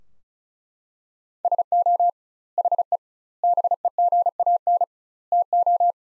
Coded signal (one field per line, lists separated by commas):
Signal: Morse code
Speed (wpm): 36 wpm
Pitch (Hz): 700 Hz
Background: none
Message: SO HE BEGAN TO